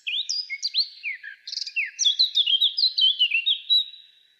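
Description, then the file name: Eurasian blackcap delivering a lively, unbroken warble of varied whistled and chattering notes that fades out at the end. "Sylvia atricapilla"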